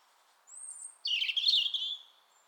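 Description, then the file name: European robin opening with a thin, high whistle, then dropping into a busy, liquid warble. "Erithacus rubecula"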